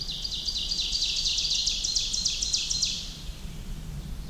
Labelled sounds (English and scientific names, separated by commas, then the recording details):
Ovenbird (Seiurus aurocapilla) song
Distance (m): 55 m
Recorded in boreal forest in Alberta, Canada, on 28 May 2016 at 06:37
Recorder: SongMeter 3, array SBT-3-49
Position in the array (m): 110 m, 257 m
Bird 14